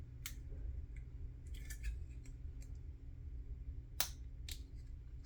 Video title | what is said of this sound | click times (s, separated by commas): Building the Italeri 1/72 scale Panzer IV Ausf. F2 (Part 2) Battle for the Reichstag Diorama Set. | snaps right in there thanks to the help of a little bit of Flash | 4.0 s